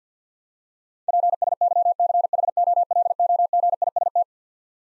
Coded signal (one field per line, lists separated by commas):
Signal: Morse code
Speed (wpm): 50 wpm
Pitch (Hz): 700 Hz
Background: none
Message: PSYCHOLOGIST